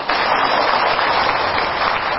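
A dense, steady burst of audience applause, many hands clapping at once in a loud, continuous wash that holds for about two seconds.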